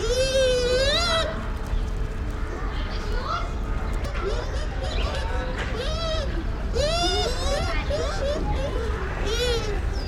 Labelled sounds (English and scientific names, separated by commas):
Bush Dog (Speothos venaticus)